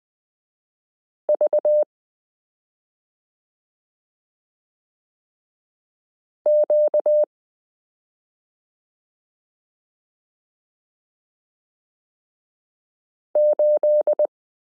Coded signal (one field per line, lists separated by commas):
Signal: Morse code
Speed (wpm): 20 wpm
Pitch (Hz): 600 Hz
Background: none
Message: VQ8